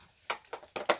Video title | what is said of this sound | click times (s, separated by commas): Installing RAM into the HP Omen Laptop | guys can kind of hear all that click eNOS and | 0.3 s, 0.5 s, 0.8 s, 0.9 s